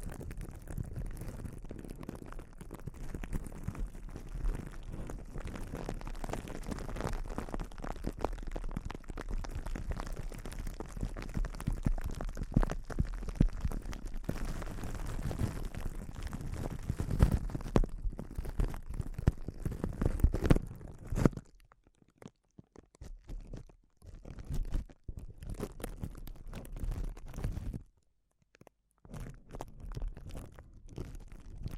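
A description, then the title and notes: Sensitive crinkles rustle almost without pause for the first twenty seconds. The sound is dense and uneven, with a soft low rumble underneath. After about 21 seconds it breaks into sparser bursts, dropping to near silence around 23 and again near 28 seconds. ASMR Sensitive Crinkles (No Talking).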